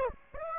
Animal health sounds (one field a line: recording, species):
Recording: mosquito wingbeat signal from an infrared sensor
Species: Aedes aegypti